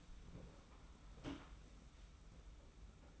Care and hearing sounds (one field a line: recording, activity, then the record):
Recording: daily activity, microphone in the room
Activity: open door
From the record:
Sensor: 1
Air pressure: 991.6 hPa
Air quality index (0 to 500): 129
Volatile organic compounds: 373 ppm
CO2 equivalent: 4625 ppm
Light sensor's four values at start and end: 33/108/42/43 and 33/108/42/43